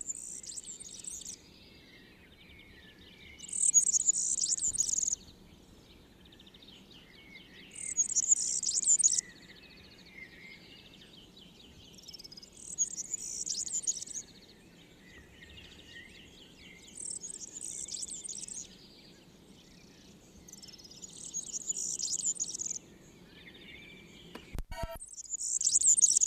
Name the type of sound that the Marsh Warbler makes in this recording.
song